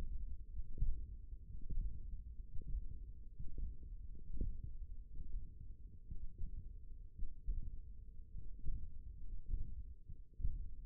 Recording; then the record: forearm muscle sounds (acoustic myography)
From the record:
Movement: tripod grip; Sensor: system 1, eight BSWA MPA416 microphones around the upper forearm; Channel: 4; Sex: male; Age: 23 years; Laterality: right